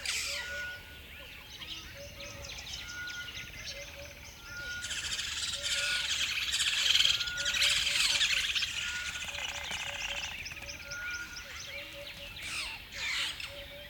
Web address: Nature South Africa AMBIENCE Savanna Medium Dawn River Bed Birds Bedlam. Smart Sound FX